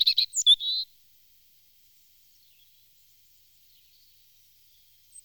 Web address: chants d'oiseaux Jean C Roche - Rouge-gorge